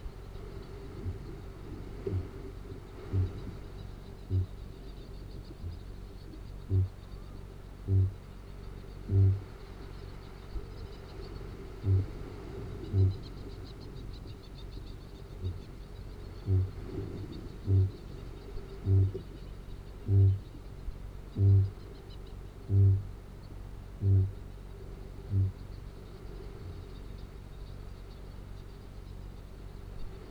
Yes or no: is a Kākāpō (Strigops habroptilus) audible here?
yes